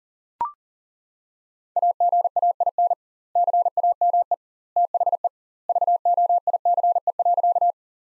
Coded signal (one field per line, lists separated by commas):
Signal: Morse code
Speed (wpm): 37 wpm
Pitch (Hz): 700 Hz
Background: none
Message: AGAIN CAME THE VOICE.